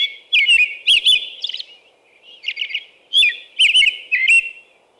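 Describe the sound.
American robin caroling, two bursts of quick whistled phrases with sharp high edges, split by a quieter gap.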